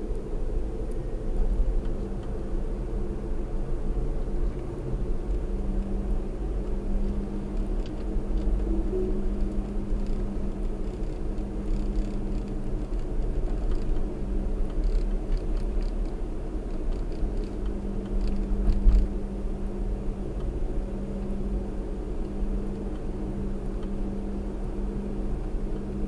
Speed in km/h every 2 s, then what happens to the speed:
52, 53, 55, 55, 55, 55, 53, 55, 55, 53, 55, 55, 55.
0-26 steady at about 55.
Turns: none.